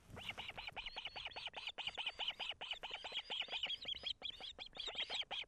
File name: osprey chicks